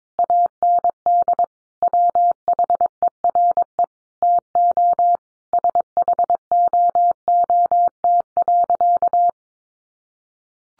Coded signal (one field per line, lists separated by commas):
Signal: Morse code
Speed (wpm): 22 wpm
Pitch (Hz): 700 Hz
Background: none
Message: AND WHERE TO SHOOT.